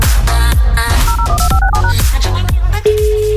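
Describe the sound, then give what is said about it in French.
A rapid run of dual-tone keypad beeps as a phone number is dialed, heard over a loud, busy musical background, followed by a steady sustained tone at the end. “C'est parti, on compose le suivant.”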